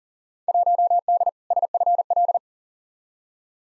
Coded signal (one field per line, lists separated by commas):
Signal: Morse code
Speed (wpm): 39 wpm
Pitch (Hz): 700 Hz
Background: none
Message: 1D SFL